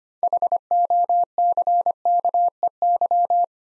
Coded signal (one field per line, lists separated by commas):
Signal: Morse code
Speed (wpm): 29 wpm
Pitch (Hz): 700 Hz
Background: none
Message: HOCKEY